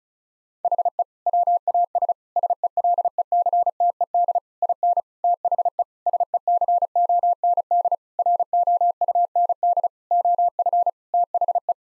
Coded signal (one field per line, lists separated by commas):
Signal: Morse code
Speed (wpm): 36 wpm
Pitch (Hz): 700 Hz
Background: none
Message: HE WAS SELECTED IN THE SECOND ROUND OF THE